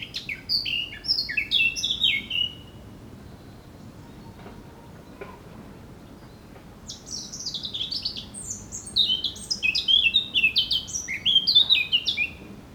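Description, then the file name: Eurasian blackcap song: a short opening warble, several seconds of near quiet with faint background, then a longer, busier run of rich chattering and fluty notes. "Sylvia atricapilla"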